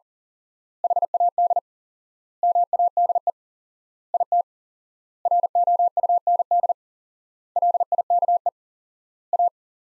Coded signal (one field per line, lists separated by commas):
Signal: Morse code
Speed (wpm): 40 wpm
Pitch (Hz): 700 Hz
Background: none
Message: HAD MADE IT ROUND LIKE A